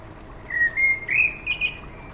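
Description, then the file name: Common blackbird whistling a run of mellow, slurred notes, four phrases rising slightly in pitch, with a soft steady background hiss. "Turdus merula"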